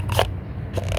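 During an oil change on a Mercedes C300 4Matic W204, an oil filter element is handled and pushed toward its filter housing cap, producing crackly, crunching scrapes around 0.1–0.25 s and again from about 0.75 s, over a steady low hum. The element has not seated or clicked into the cap yet.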